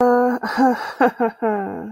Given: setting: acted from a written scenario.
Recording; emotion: vocal sound without words; embarrassment